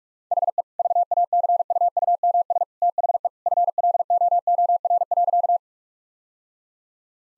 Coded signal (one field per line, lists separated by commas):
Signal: Morse code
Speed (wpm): 46 wpm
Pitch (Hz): 700 Hz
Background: none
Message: HE VACUUMS THE FLOOR.